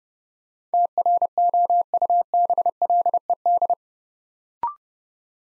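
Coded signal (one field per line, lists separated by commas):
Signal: Morse code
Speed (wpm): 29 wpm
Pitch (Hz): 700 Hz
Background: none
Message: TROUBLED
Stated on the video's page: Beginner Morse practice building 8-letter words three letters at a time at 30 wpm, for instant character recognition.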